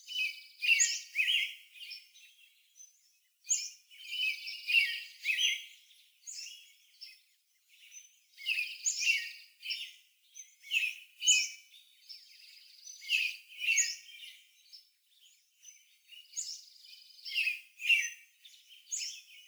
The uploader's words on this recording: Pender Island Nature Series - Roe Lake. What does Roe Lake sound like in the hour before sunrise, on the longest day of the year? From the morning silence, a trickle of birdsongs slowly begins to flow, then builds to a crescendo, before ending with the majestic descending rhythm of nature.